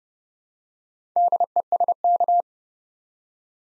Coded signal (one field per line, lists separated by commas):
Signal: Morse code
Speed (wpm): 30 wpm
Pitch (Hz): 700 Hz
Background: none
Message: DESK